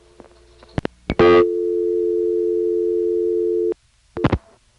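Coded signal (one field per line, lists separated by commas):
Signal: telephone call progress tone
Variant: North America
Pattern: dial tone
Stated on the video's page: Telephone call progress tones recorded on a 1976 phone trip through the local exchange in Harrisonburg, Virginia, including local carrier sounds.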